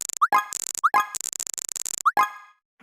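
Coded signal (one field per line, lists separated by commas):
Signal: none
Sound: cartoon boing sound effects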